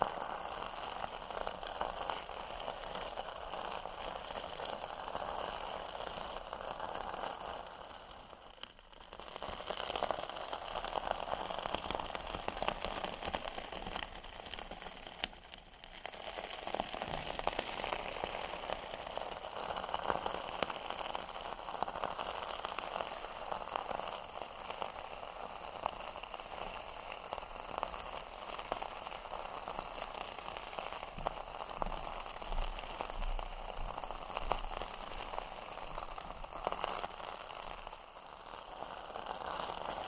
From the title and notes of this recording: TimASMR-Metal Scrubbers Crunchy Crinkles, Rolling, and Squeezing Triggers (NO TALKING).